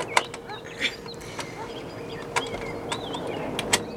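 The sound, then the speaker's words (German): A key scrapes and turns in the old lock of a chest, giving several sharp metallic clicks spaced unevenly over a few seconds, with faint squeaky grinding between them, until the lock opens. “Ach, er passt. So ein Zufall. Das Schloss ist offen.”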